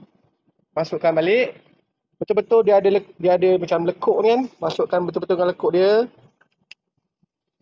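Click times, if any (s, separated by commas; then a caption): 6.7 s. A new HB3 headlamp bulb for a Perodua Axia is lined up with the notch and pushed into its plastic wiring connector while someone talks. After the talking stops, faint taps are heard, and then a sharp click at 6.7 s as the bulb seats in the connector.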